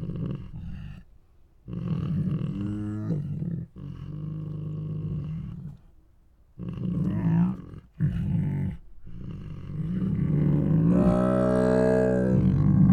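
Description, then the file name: Tiger moans and roars, rumbling harmonic bursts with pauses, ending in a louder roar. Two tigers making moans and roars. "Two Tigers Make Many Moans, Roars and Snores [Sound Ideas]"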